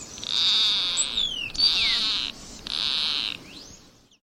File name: ziołosiek